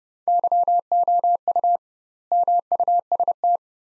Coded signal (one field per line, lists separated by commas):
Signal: Morse code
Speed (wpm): 32 wpm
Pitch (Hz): 700 Hz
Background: none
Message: YOU MUST